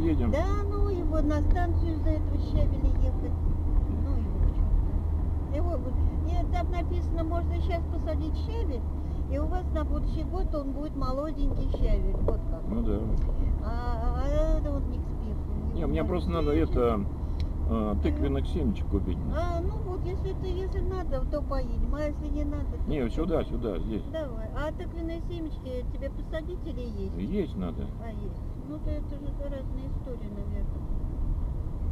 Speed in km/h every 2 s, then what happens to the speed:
32, 32, 29, 29, 27, 21, 25, 28, 29, 27, 25, 24, 21, 21, 22, 24.
0-10 slows to 21. 10-15 speeds up to 29. 15-24 slows to 21. 24-32 steady at about 21.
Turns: none.